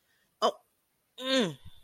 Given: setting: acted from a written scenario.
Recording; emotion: vocal sound without words; anger